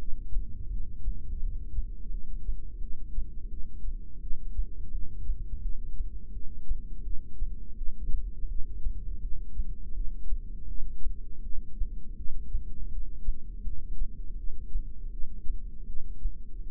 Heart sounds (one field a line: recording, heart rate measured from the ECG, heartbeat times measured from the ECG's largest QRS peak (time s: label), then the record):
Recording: heart sounds by microphone in the left ear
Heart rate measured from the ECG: 83 bpm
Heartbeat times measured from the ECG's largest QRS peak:
0.71 s: heartbeat
1.41 s: heartbeat
2.11 s: heartbeat
2.80 s: heartbeat
3.50 s: heartbeat
4.21 s: heartbeat
4.92 s: heartbeat
5.63 s: heartbeat
6.33 s: heartbeat
7.04 s: heartbeat
7.76 s: heartbeat
8.48 s: heartbeat
9.21 s: heartbeat
9.94 s: heartbeat
10.68 s: heartbeat
11.43 s: heartbeat
12.17 s: heartbeat
12.90 s: heartbeat
13.64 s: heartbeat
14.37 s: heartbeat
15.12 s: heartbeat
15.87 s: heartbeat
16.64 s: heartbeat
From the record:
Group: heart failure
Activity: rest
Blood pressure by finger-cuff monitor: 186/130 mmHg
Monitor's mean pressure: 146 mmHg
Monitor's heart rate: 82 bpm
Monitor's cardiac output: 7.1 L/min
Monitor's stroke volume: 86 mL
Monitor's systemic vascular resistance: 1550 dyn s/cm5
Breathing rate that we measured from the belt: 16 breaths a minute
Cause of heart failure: non-ischemic cardiomyopathy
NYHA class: 1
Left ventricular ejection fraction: 62%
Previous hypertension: present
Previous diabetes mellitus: present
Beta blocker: bisoprolol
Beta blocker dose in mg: 10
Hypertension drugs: sacubitril-valsartan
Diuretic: furosemide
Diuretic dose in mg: 20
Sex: male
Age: 49 years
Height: 167 cm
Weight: 110 kg